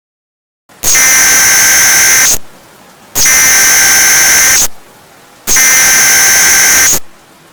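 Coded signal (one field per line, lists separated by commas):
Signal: Emergency Alert System (SAME) tones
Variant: header bursts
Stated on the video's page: Fictional EAS scenario remaster, not a real alert.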